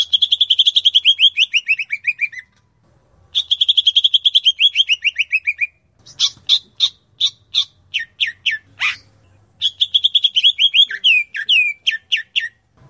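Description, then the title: Grey-cheeked bulbul song: quick trilled runs of chirps sliding downward, a pause, then spaced sharp notes, then further fast chattering runs. "Kicau Burung Cucak Jenggot"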